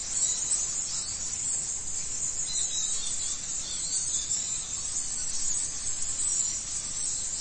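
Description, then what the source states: Bats chitter: a dense, continuous wash of high-pitched squeaks and clicks that shimmers steadily throughout, with no other clear sounds. Bats in a cave.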